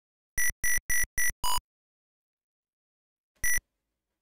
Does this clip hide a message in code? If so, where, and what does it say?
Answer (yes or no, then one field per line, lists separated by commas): no